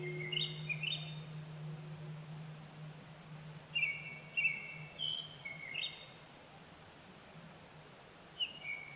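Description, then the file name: Japanese thrush delivering clusters of clear whistled notes and slurs in irregular bursts, with a low hum underneath. Recorded 25 April 2010 at 18:00. "kurotugumi-20100425-1800"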